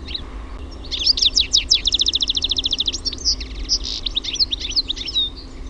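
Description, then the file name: European goldfinch song: a brisk stream of even, rapidly repeated chirps merging into tinkling, buzzy twittering phrases, with faint low background hum. "TIKLI"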